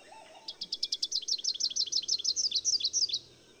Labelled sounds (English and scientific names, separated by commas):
Rufous-capped Warbler (Basileuterus rufifrons) song